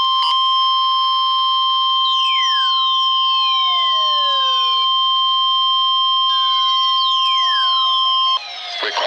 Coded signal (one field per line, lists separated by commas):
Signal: Emergency Alert System (SAME) tones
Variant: 1050 Hz attention tone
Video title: Required Weekly Test | EAS #128